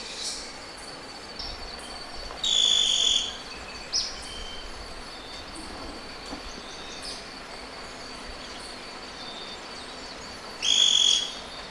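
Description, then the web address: Scale-crested pygmy-tyrant uttering a brief, high, slightly buzzy note, then another about eight seconds later, with faint scattered chips and steady background hiss. Recorded in Ecuador. "Birds of Ecuador 3. Scale-Crested Pygmy-Tyrant"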